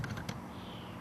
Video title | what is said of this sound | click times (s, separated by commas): Sticky Pod Mini Explained | did you see how easily I just popped that out | 0.0 s, 0.3 s